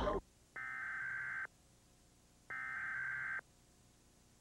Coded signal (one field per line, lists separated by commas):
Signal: Emergency Alert System (SAME) tones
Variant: header bursts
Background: speech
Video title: EAS Required Monthly Test – Florida (7/21/2004)